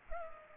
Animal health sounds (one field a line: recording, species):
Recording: mosquito wingbeat signal from an infrared sensor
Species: Culex pipiens